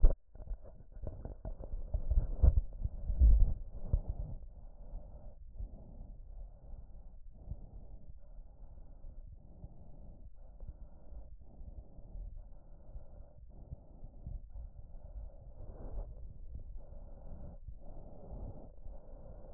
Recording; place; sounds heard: breathing sounds of a dog by stethoscope; larynx; healthy breathing